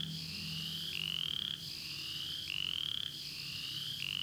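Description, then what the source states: Upland chorus frog giving several quick rising trills in a steady series. In Florida found only along the Apalachicola River, exclusively in bottomland habitats; call resembles the southern chorus frog's but is much more rapid.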